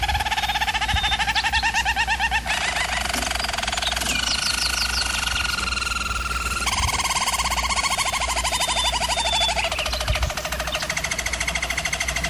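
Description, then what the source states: German Roller canary song: unbroken low rolling trills in long sections, each shifting to a new pitch and texture every few seconds, over a steady low hum. Singing, presented as canary training.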